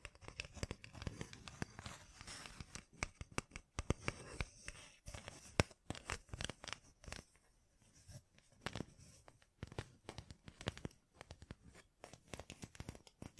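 Gem-covered fingertips tap and scratch in dense, irregular bursts of sharp clicks and crinkly scraping, easing briefly near eight seconds.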